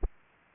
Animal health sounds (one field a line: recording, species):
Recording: mosquito wingbeat signal from an infrared sensor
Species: Aedes aegypti